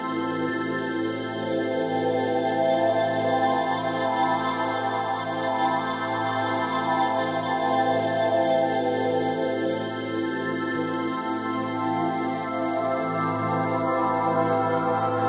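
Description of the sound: Steady layered electronic tones with a soft, slowly wavering texture: a synthetic Sound Oasis tinnitus therapy sound, number 3, 1k–10k, played from a sound therapy device.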